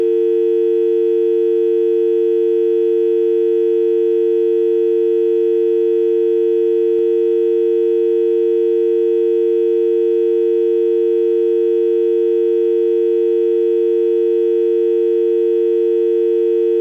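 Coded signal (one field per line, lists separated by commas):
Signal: telephone call progress tone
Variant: UK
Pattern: dial tone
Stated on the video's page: UK telephone dial tone sound effect, one-hour version.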